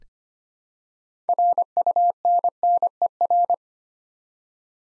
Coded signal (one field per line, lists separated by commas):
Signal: Morse code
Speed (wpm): 25 wpm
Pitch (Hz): 700 Hz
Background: none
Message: RUNNER